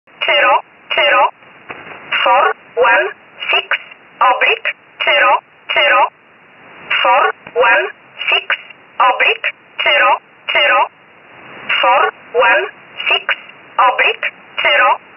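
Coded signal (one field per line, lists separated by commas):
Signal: numbers station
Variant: E11 Oblique, English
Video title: 13 05 2019 E11 Oblique Numbers station in English 0450 on 7469 unknown tx site in USB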